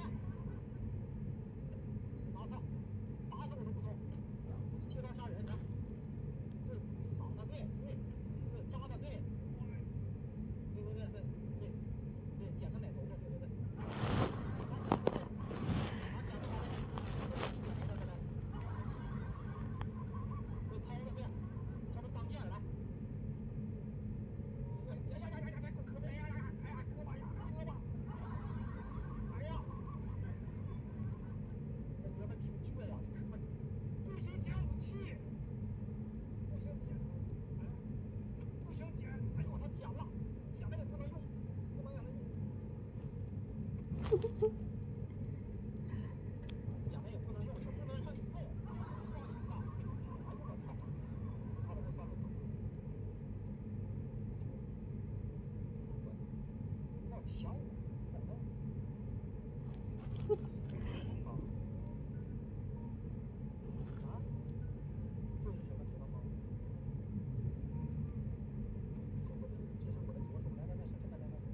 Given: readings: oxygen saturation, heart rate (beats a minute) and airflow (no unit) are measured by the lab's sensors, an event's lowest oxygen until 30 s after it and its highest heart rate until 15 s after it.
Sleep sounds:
a person awake in a sleep study, by a smartphone at the bedside; none
0.00-71.54 s: awake
0.00-71.54 s: awake
From the record:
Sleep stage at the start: awake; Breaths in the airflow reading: 23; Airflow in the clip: -0.8 to 0.7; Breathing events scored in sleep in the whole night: 496 in 5.4 hours asleep

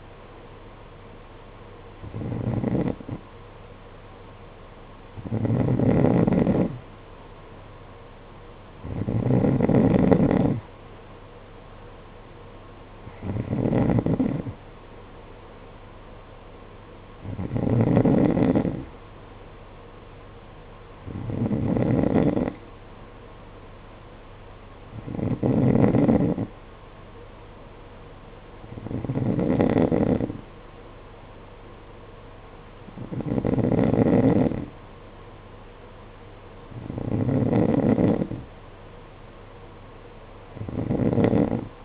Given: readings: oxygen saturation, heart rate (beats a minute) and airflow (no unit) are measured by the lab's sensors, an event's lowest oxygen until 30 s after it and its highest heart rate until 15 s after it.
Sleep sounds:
breathing in sleep by a voice recorder at the bedside; none
none scored
From the record:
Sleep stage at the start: N2 (light sleep); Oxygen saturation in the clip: 92%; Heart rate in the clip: 50 to 54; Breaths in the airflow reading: 10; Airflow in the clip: -7.6 to 5.9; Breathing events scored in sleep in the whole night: 476 in 9.7 hours asleep

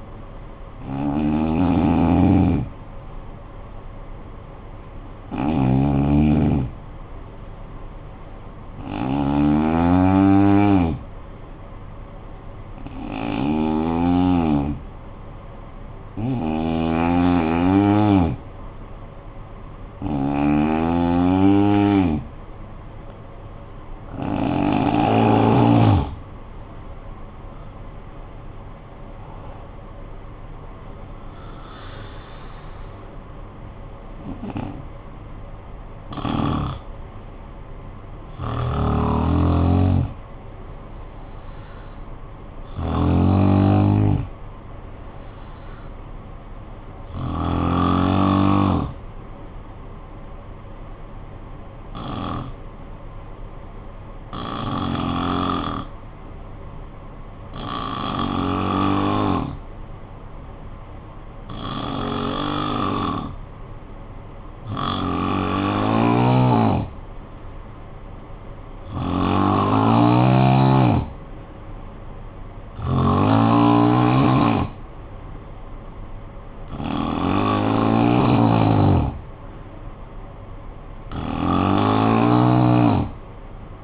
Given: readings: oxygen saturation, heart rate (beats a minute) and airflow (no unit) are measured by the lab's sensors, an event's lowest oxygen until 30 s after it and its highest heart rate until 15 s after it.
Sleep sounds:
breathing in sleep by a smartphone at the bedside; 2
10.00-40.00 s: new sleep stage, N2 (light sleep)
12.00-26.20 s: hypopnea (N2, oxygen 96% highest, then 89% lowest, heart rate 59 at the start, 81 highest)
40.00-70.00 s: new sleep stage, N3 (deep sleep)
52.00-66.80 s: hypopnea (N3, oxygen 97% highest, then 89% lowest, heart rate 52 at the start, 58 highest)
70.00-83.84 s: new sleep stage, N2 (light sleep)
From the record:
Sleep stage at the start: N3 (deep sleep); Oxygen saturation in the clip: 89 to 97%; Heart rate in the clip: 51 to 81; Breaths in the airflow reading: 22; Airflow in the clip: -11.0 to 11.4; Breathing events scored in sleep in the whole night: 445 in 7.6 hours asleep

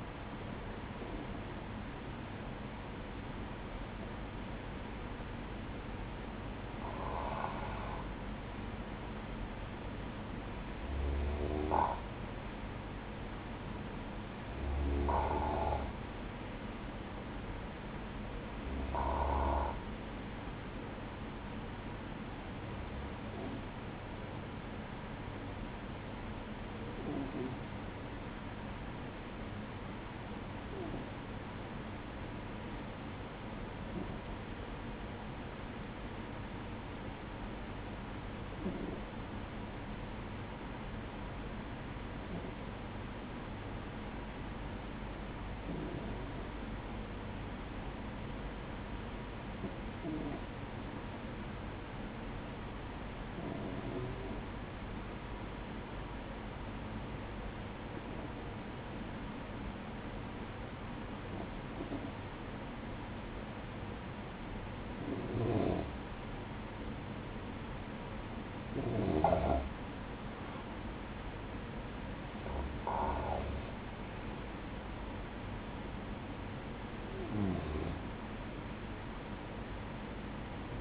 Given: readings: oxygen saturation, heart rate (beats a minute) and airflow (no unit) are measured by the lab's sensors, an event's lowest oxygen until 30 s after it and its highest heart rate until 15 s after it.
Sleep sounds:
breathing in sleep by a voice recorder at the bedside; 1
30.00-70.70 s: hypopnea (N2, oxygen 97% highest, then 94% lowest, heart rate 49 at the start, 54 highest)
From the record:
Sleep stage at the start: N2 (light sleep); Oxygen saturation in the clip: 94 to 97%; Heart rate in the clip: 47 to 54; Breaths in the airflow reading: 21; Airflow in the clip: -13.0 to 8.8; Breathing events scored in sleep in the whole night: 180 in 6.7 hours asleep

